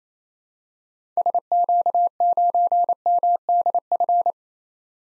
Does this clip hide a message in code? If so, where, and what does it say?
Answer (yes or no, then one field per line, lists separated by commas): yes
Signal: Morse code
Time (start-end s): 1.2-4.3 s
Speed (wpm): 28 wpm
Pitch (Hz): 700 Hz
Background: none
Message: SQ9MDF